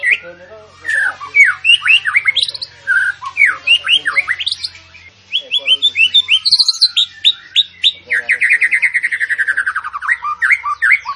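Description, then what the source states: Sooty-headed bulbul song: a busy stream of quick chirps, slurred upward notes and trills, ending in a rapid buzzy chattering run. A faint low hum sits underneath. Sooty-headed bulbul singing actively (gacor); training recording for cage birds.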